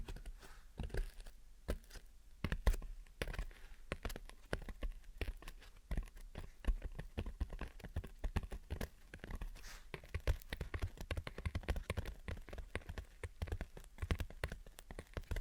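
Gentle tapping and scratching. Quick, irregular taps and short scratches come densely and without pause for the whole stretch, patterning like rain on a surface, with a faint low hum underneath.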